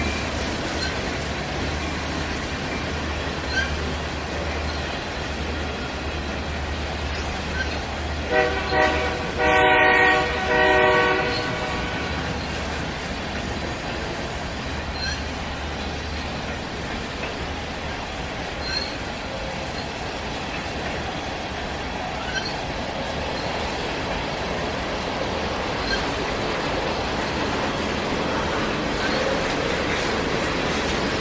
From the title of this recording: Train On Tracks